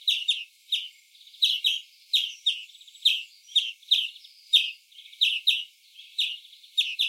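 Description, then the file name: European greenfinch calls: crisp chirps, often doubled, repeated every half second or so, with a soft buzzy twitter filling some gaps. "Chloris chloris"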